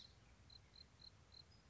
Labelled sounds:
Song Sparrow (Melospiza melodia)
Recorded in Sonoma County, California

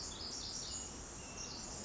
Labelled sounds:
Pacific Wren (Troglodytes pacificus)
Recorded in Sonoma County, California

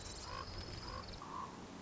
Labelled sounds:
Common Raven (Corvus corax)
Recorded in Sonoma County, California

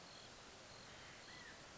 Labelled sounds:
California Quail (Callipepla californica)
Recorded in Sonoma County, California

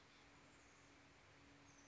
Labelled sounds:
Oak Titmouse (Baeolophus inornatus)
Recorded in Sonoma County, California

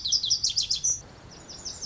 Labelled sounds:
Lazuli Bunting (Passerina amoena)
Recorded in Sonoma County, California

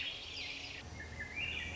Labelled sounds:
Swainson's Thrush (Catharus ustulatus)
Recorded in Sonoma County, California

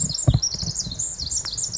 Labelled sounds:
Pacific Wren (Troglodytes pacificus)
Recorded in Sonoma County, California

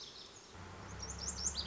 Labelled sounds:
Lazuli Bunting (Passerina amoena)
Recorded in Sonoma County, California

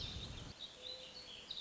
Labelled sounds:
Warbling Vireo (Vireo gilvus)
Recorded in Sonoma County, California

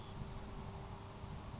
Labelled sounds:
Grasshopper Sparrow (Ammodramus savannarum)
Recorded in Sonoma County, California

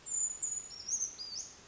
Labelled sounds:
Brown Creeper (Certhia americana)
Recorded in Sonoma County, California

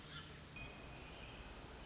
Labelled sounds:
Pacific Wren (Troglodytes pacificus)
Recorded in Sonoma County, California

